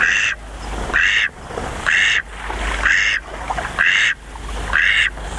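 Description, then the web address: Eastern spot-billed duck quacking loudly and rhythmically, each coarse nasal note about a second apart, with steady low background rumble. "sikioto. karugamo"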